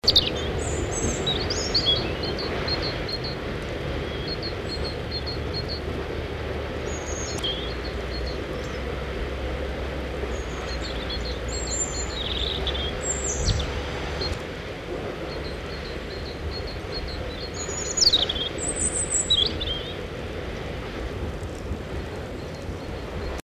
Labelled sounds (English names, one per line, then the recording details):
European Robin song
Great Tit
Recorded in the wild
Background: Parus major
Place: Kaiserslautern, Rheinland-Pfalz, DE
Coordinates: 49.4286, 7.77861
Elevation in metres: 279
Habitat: garden
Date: 1986-03-29
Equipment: Uher 4000 Report, Sennheiser MKH 815 T
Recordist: Tretzel, Erwin
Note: Garten, Kaiserslautern: Gesang